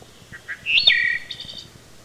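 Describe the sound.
Wood thrush song: two soft low notes, then a clear fluted phrase that ends in a brief high shimmering trill, over a faint steady low hum.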